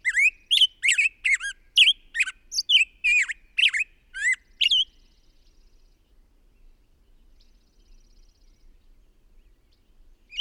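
Bird song of quick, squeaky chirps and short whistles for about five seconds, followed by near silence and one last note.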